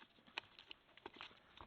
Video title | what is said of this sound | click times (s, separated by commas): Loading the Krasnogorsk K3 16mm Camera | so i need to manhandle it until it clicks on the claw now you can see that | 0.4 s